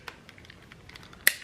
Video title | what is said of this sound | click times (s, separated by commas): { CONNAIS-TU CETTE RÈGLE ??? }RULERSHUTTERS JE L'ADORE #RULERSHUTTERS #règles #avis #scrapbooking 8 | vous entendez le petit clips hop voilà et ben là j'ai les inch | 1.3 s